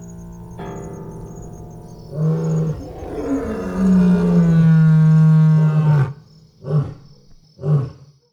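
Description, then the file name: Lion roaring: a long, deep roar that rises and swells, then two short grunting roars about a second apart. "LEW"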